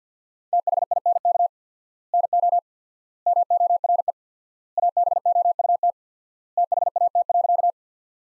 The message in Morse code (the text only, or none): THINK NO MORE ABOUT THAT.